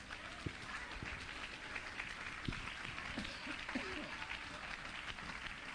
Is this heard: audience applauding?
yes